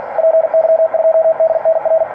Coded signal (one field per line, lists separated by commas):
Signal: Morse code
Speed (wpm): 50 wpm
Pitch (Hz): 650 Hz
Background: radio noise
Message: PY2DNR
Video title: 5W QRP COM BALUN 9:1 E LONGWIRE DENTRO DO TERRAÇO